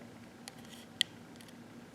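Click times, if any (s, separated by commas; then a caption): 1.0 s. The throttle cable's barrel end on a custom mini bike is pushed into the drilled hole in the plastic twist-grip throttle housing. A sharp click at 1.0 s shows it seating into place, with a fainter tick near 0.5 s and light handling noise around 1.4 s. No one talks.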